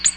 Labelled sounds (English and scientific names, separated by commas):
Ovenbird (Seiurus aurocapilla) flight call